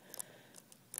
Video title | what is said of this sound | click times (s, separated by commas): Laptop screen replacement / How to replace laptop screen on Asus U52F | it pops into place now | 1.0 s